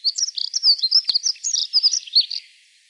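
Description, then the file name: Dunnock delivering a fast, even stream of thin, high, squeaky notes for about two and a half seconds, then stopping. Recorded on 24 April 2013. "24 04 2013 Heckenbraunelle"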